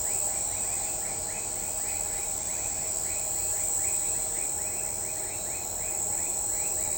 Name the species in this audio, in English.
none